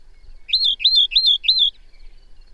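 Bird song of four quick identical phrases, each a sharp rising note slurring into a short level whistle, evenly spaced in under two seconds, over near silence.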